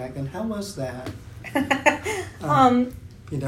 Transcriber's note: laughs